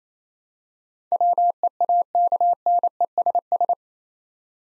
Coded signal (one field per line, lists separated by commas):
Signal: Morse code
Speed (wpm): 28 wpm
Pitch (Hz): 700 Hz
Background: none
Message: WEAKNESS